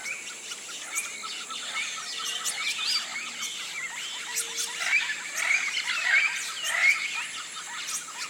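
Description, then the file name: Birds calling with whistled notes sliding up and down, growing busier toward the end, over a steady high insect tone. Tropical rainforest at morning, flocks of birds rousing in the canopy. "articulated TROPICAL Rainforest morning rousing flocks of birds"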